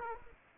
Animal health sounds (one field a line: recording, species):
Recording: mosquito wingbeat signal from an infrared sensor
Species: Aedes aegypti